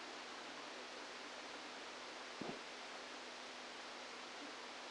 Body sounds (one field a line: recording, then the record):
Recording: brain microelectrode recording played as sound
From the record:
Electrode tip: outside the subthalamic nucleus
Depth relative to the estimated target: -8 mm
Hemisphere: left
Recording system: NeuroSet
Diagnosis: Parkinson's disease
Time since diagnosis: 17 years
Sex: male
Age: 64 years